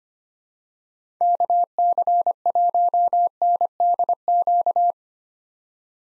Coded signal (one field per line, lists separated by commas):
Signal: Morse code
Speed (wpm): 25 wpm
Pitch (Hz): 700 Hz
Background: none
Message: KC1NDQ